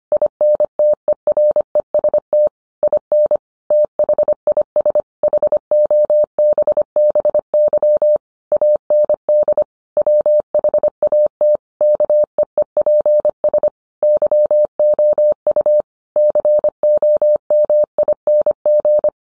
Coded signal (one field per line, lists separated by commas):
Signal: Morse code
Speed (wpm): 25 wpm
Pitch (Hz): 600 Hz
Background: none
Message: INTEREST IN THIS HOBBY AND WHAT KEEPS YOU COMING